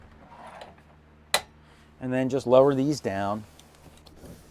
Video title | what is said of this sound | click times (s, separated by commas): 🛌 3 Small Class C RVs with Murphy Beds - Under 30 Feet | is just pull these little legs out until they click you'll hear them click in place | 1.3 s